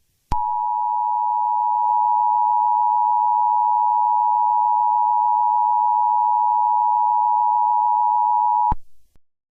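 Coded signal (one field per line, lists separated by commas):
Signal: Emergency Alert System (SAME) tones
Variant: 853 and 960 Hz attention tone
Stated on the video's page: Fictional EAS scenario for a winter storm, with voice actors.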